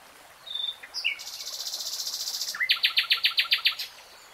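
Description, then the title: Nightingale song: a brief whistle and an up-slurred note, a long high buzzy trill, then a series of loud, evenly spaced repeated notes. Nightingale singing in real time. "[Tiếng chim hót] 3 Hours REALTIME Nightingale Singing"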